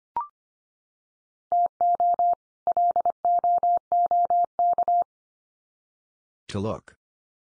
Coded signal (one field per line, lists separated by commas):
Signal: Morse code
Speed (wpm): 25 wpm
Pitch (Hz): 700 Hz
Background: none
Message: TO LOOK